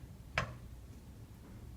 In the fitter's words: and i close it until i hear the snap